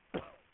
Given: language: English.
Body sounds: throat vibration sensor signal played as sound; cough

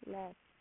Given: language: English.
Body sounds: throat vibration sensor signal played as sound; speech

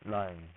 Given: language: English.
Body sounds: throat vibration sensor signal played as sound; speech

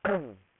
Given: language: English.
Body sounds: throat vibration sensor signal played as sound; throat clearing

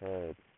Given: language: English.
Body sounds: throat vibration sensor signal played as sound; speech

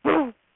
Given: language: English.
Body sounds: throat vibration sensor signal played as sound; throat clearing

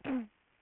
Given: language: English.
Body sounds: throat vibration sensor signal played as sound; throat clearing

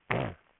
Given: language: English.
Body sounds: throat vibration sensor signal played as sound; throat clearing

